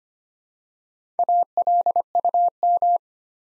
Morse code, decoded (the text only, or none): ALUM